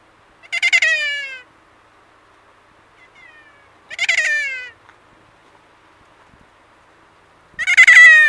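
Kea calling three times, each a rough, descending, wailing cry that starts with a stutter, with pauses of two to three seconds between calls.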